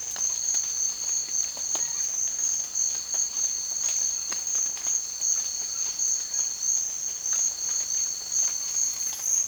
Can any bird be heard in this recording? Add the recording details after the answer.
yes. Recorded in secondary vegetation near Puerto Asís, Putumayo, Colombia, on 30 June 2025 at 13:30. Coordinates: 0.499, -76.323. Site G077